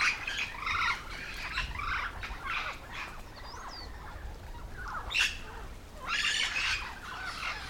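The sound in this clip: Yellow-shouldered parrot calls, grating squawks in short clustered bursts at the start, in the middle and again near the end, with quieter gaps between.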